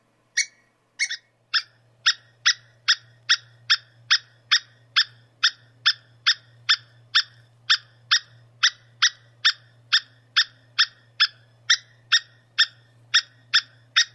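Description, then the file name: Squirrel chip calls: a few scattered notes, then a long, even run of harsh chips about two and a half per second, low hum throughout. "suara bajing. omkicau"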